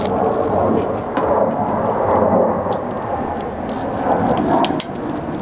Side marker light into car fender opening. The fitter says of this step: just like that click right in you can hear the clicks and you'll know that it's nice and secure